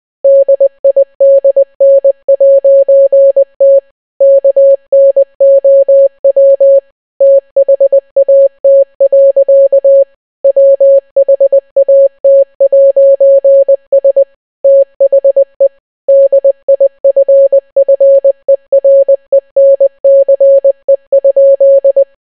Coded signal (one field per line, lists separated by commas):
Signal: Morse code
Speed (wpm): 20 wpm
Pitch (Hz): 550 Hz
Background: none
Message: DIDN'T KNOW THAT. WHAT'S THE DIFFERENCE?